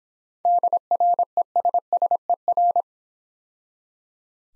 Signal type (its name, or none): Morse code